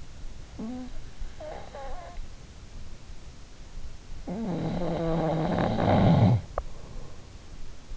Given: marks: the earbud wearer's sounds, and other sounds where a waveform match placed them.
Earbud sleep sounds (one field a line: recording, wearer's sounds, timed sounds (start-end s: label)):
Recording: sounds in sleep by an in-ear microphone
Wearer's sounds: snoring breath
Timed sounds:
0.00-2.28 s: snoring breath
3.77-6.97 s: snoring breath